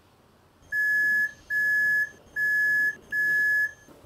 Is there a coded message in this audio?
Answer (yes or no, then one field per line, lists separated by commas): no